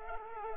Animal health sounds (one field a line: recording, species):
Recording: mosquito wingbeat signal from an infrared sensor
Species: Culex pipiens